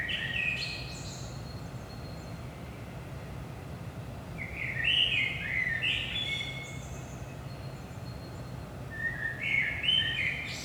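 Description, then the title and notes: Common blackbird singing mellow warbled phrases, three bursts of fluty notes with scratchy high flourishes, spaced several seconds apart, against constant low background rumble. Early morning, 5 am, in Saint-Gilles, Belgium; recorded with DPA 4060 microphones in AB position into a Zoom F3. "Saint-Gilles, Belgique - 5am Blackbird. Blackbird in the morning. Merle au petit matin"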